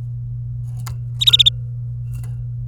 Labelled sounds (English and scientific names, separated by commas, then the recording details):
Domestic Canary (Serinus canaria) song
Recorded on 24 April 2018 at 11:49
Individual llb3